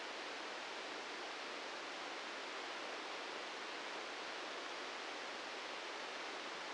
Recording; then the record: brain microelectrode recording played as sound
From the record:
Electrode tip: outside the subthalamic nucleus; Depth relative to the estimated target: -6 mm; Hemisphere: right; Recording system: NeuroSet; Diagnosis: Parkinson's disease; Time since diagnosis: 15 years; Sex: male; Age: 65 years